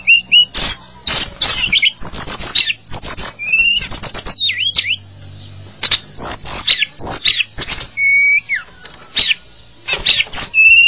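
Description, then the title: Java sparrow song in bursts: sharp clicks and snapping notes alternate with short level or bent whistles, separated by quiet gaps and some fluttering sounds. "kicau gelatik"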